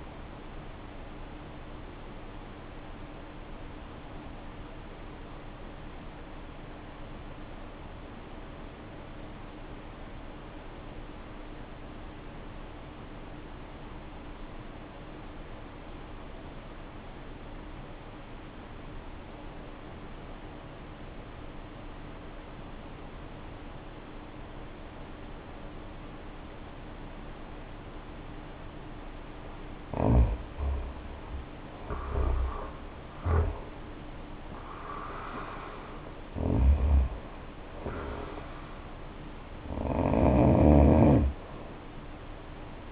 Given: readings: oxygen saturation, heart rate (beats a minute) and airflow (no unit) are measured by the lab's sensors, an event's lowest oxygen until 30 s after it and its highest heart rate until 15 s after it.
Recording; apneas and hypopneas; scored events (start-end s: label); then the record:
breathing in sleep by a voice recorder at the bedside; 1
4.00-29.40 s: obstructive apnea (N1, oxygen 93% highest, then 74% lowest, heart rate 53 at the start, 76 highest)
6.00-36.00 s: new sleep stage, N2 (light sleep)
36.00-42.92 s: new sleep stage, N1 (lightest sleep)
From the record:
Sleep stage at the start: N1 (lightest sleep); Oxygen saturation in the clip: 76 to 93%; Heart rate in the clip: 51 to 76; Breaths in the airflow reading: 4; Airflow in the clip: -8.1 to 8.6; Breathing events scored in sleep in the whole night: 520 in 7.2 hours asleep